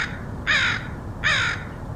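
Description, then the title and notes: Crow calling twice, two rasping caws in quick succession. Crows recorded by Dan Bodah in Portland, Oregon, in August 2003. "Dronecast: Crows of Portland. Crows recorded by Dan Bodah in Portland, OR, August 2003"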